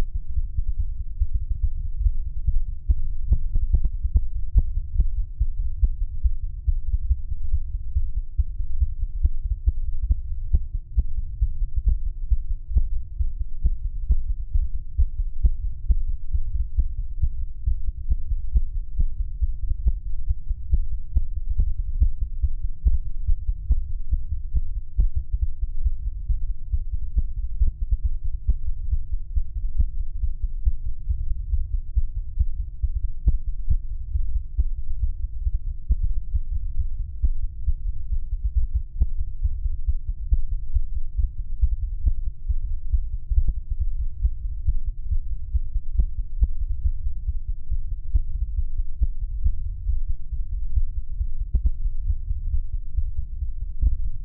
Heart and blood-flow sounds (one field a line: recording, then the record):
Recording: fetal heart sounds by stethoscope on the mother's abdomen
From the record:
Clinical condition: bleeding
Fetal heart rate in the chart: 148 bpm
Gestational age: 34 weeks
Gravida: 3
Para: 1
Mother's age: 23 years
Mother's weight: 49 kg